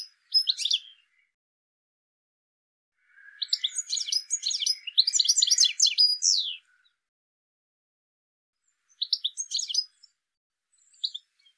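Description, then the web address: Bird giving quick, high chirps and twitters in clustered bursts: a short opening burst, then a long busy burst in the middle, followed by shorter scattered phrases and silent gaps. "cianscape birddata"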